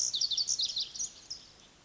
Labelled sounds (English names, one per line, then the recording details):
Pacific Wren
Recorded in Sonoma County, California